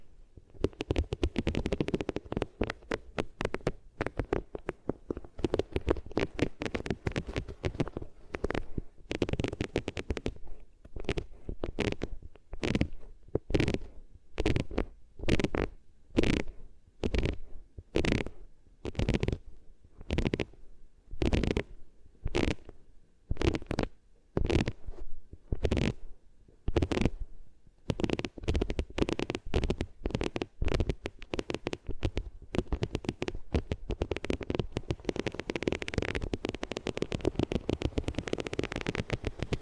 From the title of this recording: Rubbing Your Ears on Different Materials